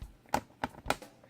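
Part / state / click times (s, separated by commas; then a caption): plastic toy part onto pegs of toy playset / seated / 0.3 s, 0.6 s, 0.9 s. A plastic part of a Star Wars Episode 5 The Empire Strikes Back Hoth Battle POTF toy playset is lined up with its small and big holes over the matching pegs and pressed on. Three sharp plastic clicks are heard at 0.3, 0.6 and 0.9 seconds, with a faint tap between the last two. The part snaps onto the pegs and is seated back in place.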